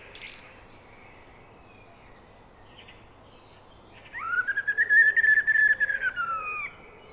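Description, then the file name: Eurasian blackbird song: after several quiet seconds with faint chirps, one long warbled whistle with a fluttering, pulsing quality that rises, holds, and then drops away. "Turdus merula"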